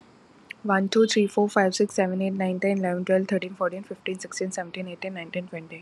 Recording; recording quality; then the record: counting at a fast pace; excellent, no background noise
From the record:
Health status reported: COVID-19 positive, no symptoms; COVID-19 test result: positive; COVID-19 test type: RT-PCR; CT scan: not taken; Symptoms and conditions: none ticked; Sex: female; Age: 25 years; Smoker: no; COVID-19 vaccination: both doses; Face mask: not worn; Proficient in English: yes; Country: India